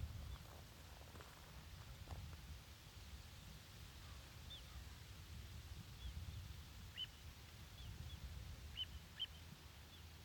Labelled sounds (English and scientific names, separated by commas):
Little Ringed Plover (Charadrius dubius) call